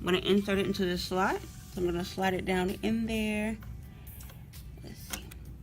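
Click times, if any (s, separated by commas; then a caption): 5.1 s. A RAM memory module is slid down into its motherboard DIMM slot and pressed in while someone talks. Then comes a quieter stretch with faint handling noise, and a sharp click at 5.1 s as the retaining clip engages and the module seats.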